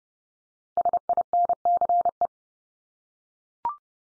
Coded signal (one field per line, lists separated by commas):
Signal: Morse code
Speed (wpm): 30 wpm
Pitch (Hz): 700 Hz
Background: none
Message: SINCE